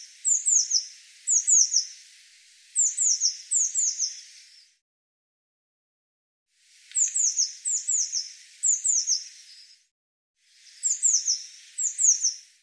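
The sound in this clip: Eurasian blue tit calling in quick clusters of thin, high, descending notes, grouped in bursts with silent pauses between them.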